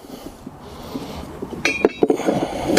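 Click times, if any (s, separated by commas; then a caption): none. A Starlink satellite dish mast, which has built-in click locks, is being handled and pushed toward its base socket. Quiet rustling builds into sharp knocks and clinks at about 1.7, 1.9, 2.0 and 2.8 seconds. The mast has not seated or clicked into the base yet.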